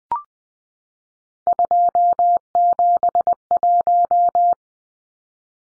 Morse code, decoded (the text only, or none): 271